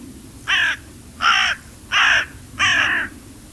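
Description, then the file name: Carrion crow giving four harsh, hoarse caws in steady succession, each about a third to half a second long, over a low background hum. "Corvus corone"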